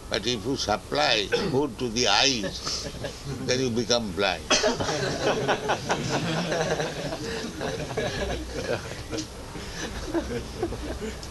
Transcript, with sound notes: but if you supply food to the eyes, then you become blind. [laughter]
Thank you.